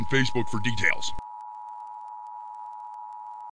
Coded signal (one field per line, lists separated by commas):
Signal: Emergency Alert System (SAME) tones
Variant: 853 and 960 Hz attention tone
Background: speech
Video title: Emergency Alert System Warning Buffalo NY Zombie Outbreak